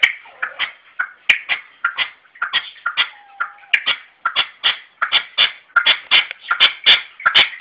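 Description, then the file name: Red-legged partridge grating call series, rapid repeated rasping notes with a faint thin tone near the middle. "perdiz roja-sonido"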